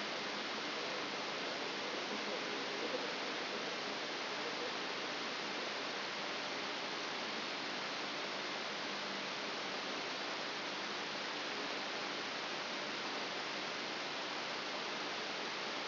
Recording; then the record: brain microelectrode recording played as sound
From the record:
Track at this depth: inside the subthalamic nucleus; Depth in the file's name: 4.302 mm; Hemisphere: left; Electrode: 3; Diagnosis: Parkinson's disease